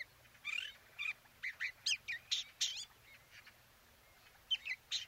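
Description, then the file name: Eurasian blackcap uttering short scratchy warbled phrases with a pause in the middle before a final burst of notes. "Sylvia atricapilla"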